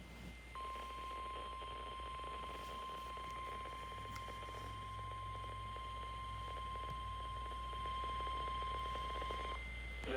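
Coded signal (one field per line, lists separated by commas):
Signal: Emergency Alert System (SAME) tones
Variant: 1050 Hz attention tone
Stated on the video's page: Flash flood warning for Weld county heavy rain.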